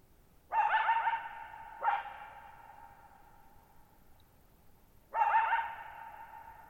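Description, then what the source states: Coyote giving three sharp barks that stretch into brief wavering howls, long ringing echo after each, otherwise still and quiet. Lone coyote at night, July 14, 2019, Thirtymile Meadows, Okanogan National Forest, Okanogan High Country, 6400 ft (1950 m); tall sharp mountains on a high, mostly dry plateau; shallow bowl-shaped meadow, boggy ground.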